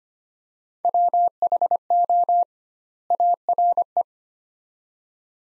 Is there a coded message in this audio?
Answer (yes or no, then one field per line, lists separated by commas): yes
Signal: Morse code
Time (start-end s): 0.8-4.0 s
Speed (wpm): 25 wpm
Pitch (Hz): 700 Hz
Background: none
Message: WHO ARE